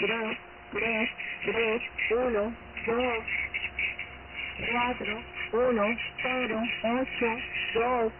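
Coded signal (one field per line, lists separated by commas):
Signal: numbers station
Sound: ten evenly spaced spoken digits in a narrow radio-like voice, faint steady hum tone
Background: radio static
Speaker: numbers stations popped up unannounced all over the planet, broadcasting mysterious messages all over the airwaves, interceptable by anyone. Atención.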